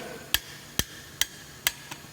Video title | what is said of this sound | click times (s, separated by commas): Tire Machine - Hunter TC3700 | that's my torque wrench so it's not actually tightening anymore she's clicking and spinning inside the tool | 0.3 s, 0.8 s, 1.2 s, 1.7 s